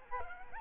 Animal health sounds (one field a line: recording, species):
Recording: mosquito wingbeat signal from an infrared sensor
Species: Aedes albopictus